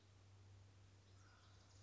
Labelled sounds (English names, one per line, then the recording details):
Wild Turkey
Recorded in Sonoma County, California